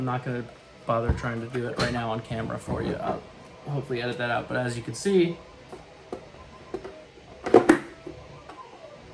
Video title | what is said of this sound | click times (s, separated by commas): Final Fantasy XV Helmet for Tim | clicks right into place. | 7.6 s, 7.7 s